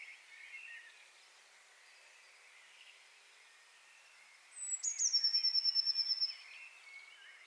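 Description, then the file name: Eurasian blue tit trill: one high, thin descending note running into a rapid, steady trill, while other birds twitter softly underneath. "Cyanistes caeruleus"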